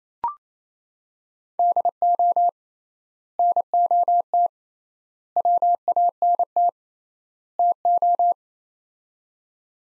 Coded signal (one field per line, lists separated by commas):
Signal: Morse code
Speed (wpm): 28 wpm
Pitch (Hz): 700 Hz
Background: none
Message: DO NOT WANT TO